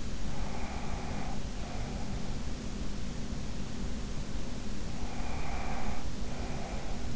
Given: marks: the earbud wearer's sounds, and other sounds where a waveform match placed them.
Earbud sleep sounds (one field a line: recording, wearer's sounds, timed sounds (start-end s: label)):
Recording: sounds in sleep by an in-ear microphone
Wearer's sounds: breath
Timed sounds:
0.21-2.32 s: breath
4.98-7.16 s: breath